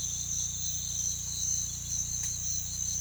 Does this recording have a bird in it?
no